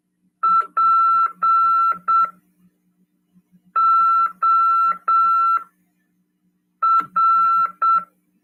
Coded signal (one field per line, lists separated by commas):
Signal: Morse code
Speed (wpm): 7 wpm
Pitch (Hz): 1340 Hz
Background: none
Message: POR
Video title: RADIOAMADOR 1ºEd 29/12/2022 "AULA 52: CW, LEGIS e C.RODADA" PY2EXU PAULO FM 146.410 Mhz. CRASP/RAF.